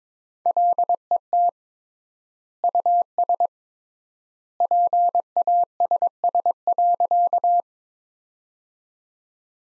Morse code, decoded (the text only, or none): LET US PASS.